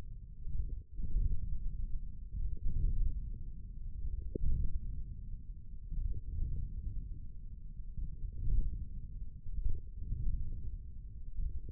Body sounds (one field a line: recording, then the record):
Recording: forearm muscle sounds (acoustic myography)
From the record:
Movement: wrist extension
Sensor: system 1, eight BSWA MPA416 microphones around the upper forearm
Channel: 1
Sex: male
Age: 42 years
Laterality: right